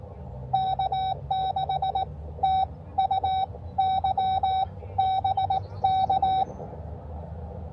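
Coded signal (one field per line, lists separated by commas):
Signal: Morse code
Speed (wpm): 18 wpm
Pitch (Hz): 770 Hz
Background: none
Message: K6TUY BK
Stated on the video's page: Park activation where conditions prevented contacts.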